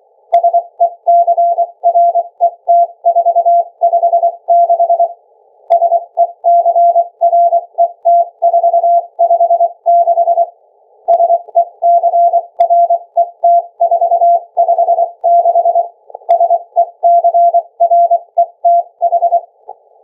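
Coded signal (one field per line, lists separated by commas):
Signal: Morse code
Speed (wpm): 24 wpm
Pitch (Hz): 690 Hz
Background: none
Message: SECRET456 SECRET456 SECRET456 SECRETH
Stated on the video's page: Morse code sent by ultrasound across about 5 m, received by a laptop's internal microphone, which was overloaded.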